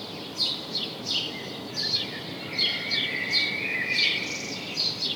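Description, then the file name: House sparrow chirps, spaced sharp notes, with a long thin whistle running beneath in the second half and background hiss. "Passer domesticus"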